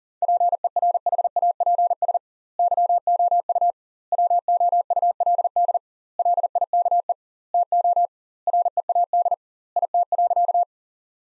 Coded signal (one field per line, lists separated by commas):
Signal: Morse code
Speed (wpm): 40 wpm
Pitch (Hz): 700 Hz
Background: none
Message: PERHAPS YOU WOULD LIKE TO READ IT.